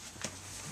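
A replacement pet flap and header filler are lined up in a dog door frame, then the frame and barrel nuts are pushed together. One short, sharp snap at 0.2 s marks the frame seating back into place.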